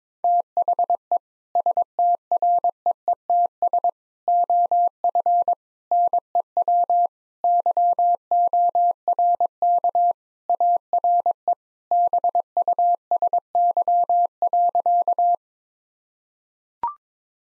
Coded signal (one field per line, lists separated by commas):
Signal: Morse code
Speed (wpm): 22 wpm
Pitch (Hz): 700 Hz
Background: none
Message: THE STREETS OF NEW YORK ARE BUSY.